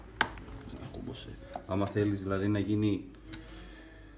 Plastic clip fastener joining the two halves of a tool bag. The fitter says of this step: ξεκούμπωσε κούμπωσε